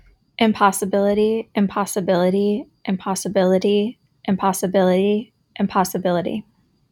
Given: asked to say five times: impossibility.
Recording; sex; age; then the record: repeated word; female; 30 to 39 years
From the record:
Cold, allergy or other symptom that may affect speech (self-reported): no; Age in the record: 38 years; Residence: New York, United States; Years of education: 18